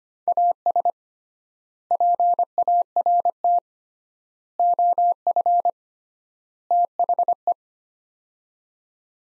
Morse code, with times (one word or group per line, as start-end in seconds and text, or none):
0.3-0.9 AS
1.9-3.6 PART
4.6-5.7 OF
6.7-7.5 THE